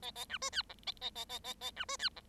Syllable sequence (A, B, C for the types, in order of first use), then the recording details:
A A B C D E A A A A A A B C D E. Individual Bird7